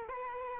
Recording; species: mosquito wingbeat signal from an infrared sensor; Aedes aegypti